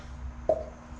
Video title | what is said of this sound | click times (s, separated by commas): *Fabricating the Custom intercooler Pipe for the 1G DSM* | that little pops in the place like | 0.5 s